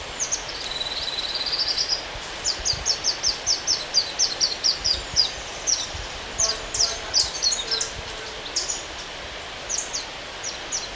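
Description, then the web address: Foothill elaenia giving a short buzzy trill, then a run of sharp, high, thin notes in quick succession, then short clustered groups, over steady background hiss. Recorded in Ecuador. "Birds of Ecuador. Foothill Elaenia"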